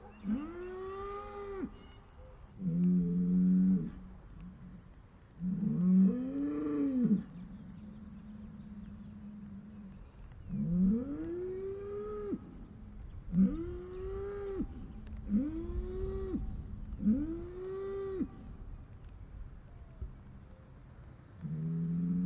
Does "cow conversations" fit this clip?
yes